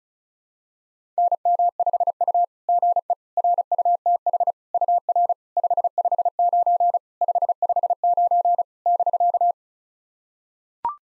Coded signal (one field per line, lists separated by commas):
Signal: Morse code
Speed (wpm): 37 wpm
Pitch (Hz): 700 Hz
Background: none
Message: NM5U GE RUTH UR 559 559 <BK>